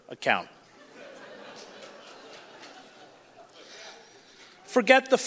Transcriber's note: few audience laughs